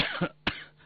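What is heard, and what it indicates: Two short, harsh cough bursts less than a second apart, heard through a narrow, telephone-quality line with faint background hum. A plain brief cough in an elderly woman in her 80s with heart disease and high blood pressure, brought on by talking happily.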